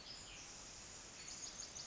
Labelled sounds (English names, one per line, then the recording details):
Pacific Wren
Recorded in Sonoma County, California